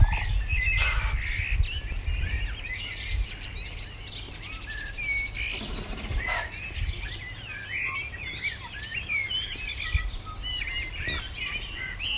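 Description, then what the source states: Bird chorus of repeated chirps and whistled phrases from several singers, thick and continuous, over a low steady rumble. Morning birdsong.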